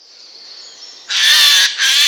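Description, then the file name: Eurasian jay giving two loud, harsh, rasping screeches after a second of quiet, the second following closely. "Garrulus glandarius"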